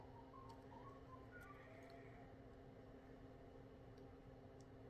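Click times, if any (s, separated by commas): none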